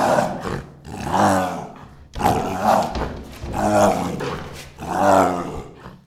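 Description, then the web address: Tiger roaring aggressively, a series of deep, rasping, growling roars, each swelling and fading, roughly one every second and a quarter. Aggressive roars from a reactive tiger. "Sound Ideas Tigers Sound Effects. Reactive Tiger Makes Aggressive Roars"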